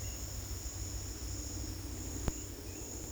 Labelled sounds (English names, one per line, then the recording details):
none
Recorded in dense forest near Puerto Asís, Putumayo, Colombia, on 19 February 2024 at 10:30
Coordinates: 0.485, -76.322
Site G6406